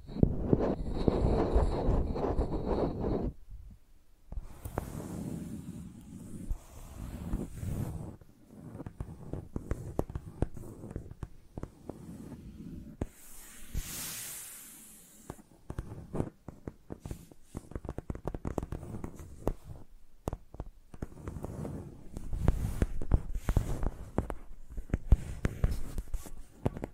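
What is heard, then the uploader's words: Microphones are scraped and tapped like pencils, making a busy run of scratching strokes and dull knocks throughout. A thumping, buzzy stretch opens the first few seconds, then irregular clusters of sharp scrapes follow, with a brighter hissing swipe around fourteen seconds. Using Mics as Pencils (No Talking).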